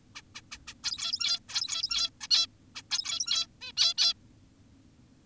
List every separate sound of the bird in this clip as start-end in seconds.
0.16-0.22, 0.35-0.41, 0.52-0.58, 0.68-0.74, 0.84-1.40, 1.49-2.10, 2.21-2.28, 2.31-2.47, 2.76-2.82, 2.91-3.47, 3.62-3.72, 3.77-3.94, 3.98-4.14